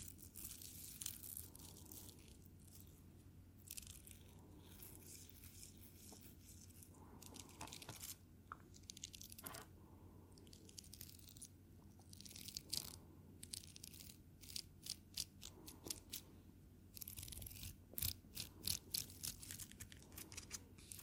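Crinkling and scratching sounds come in irregular bursts of bright, crackly texture, with sharp tapping clicks, most densely in the last few seconds. A steady low hum sits underneath throughout, and brief quieter pauses separate the clusters of activity.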